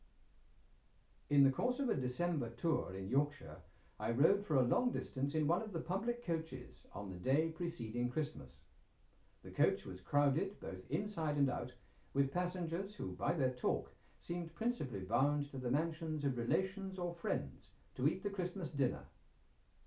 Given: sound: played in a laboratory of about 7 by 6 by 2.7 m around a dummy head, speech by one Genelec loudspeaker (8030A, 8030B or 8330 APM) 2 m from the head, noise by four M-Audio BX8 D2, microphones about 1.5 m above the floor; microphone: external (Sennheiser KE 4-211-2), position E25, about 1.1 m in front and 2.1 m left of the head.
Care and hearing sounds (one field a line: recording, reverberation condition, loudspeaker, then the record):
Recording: male speech in English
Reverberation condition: low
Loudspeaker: 90 degrees to the left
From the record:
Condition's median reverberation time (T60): about 310 ms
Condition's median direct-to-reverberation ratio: about 3.5 dB